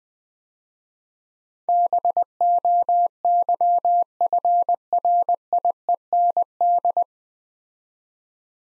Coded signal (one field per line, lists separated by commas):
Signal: Morse code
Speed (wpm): 20 wpm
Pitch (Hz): 700 Hz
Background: none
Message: BOYFRIEND